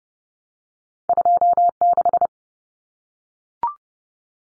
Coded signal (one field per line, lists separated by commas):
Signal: Morse code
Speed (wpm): 30 wpm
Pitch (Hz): 700 Hz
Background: none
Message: 26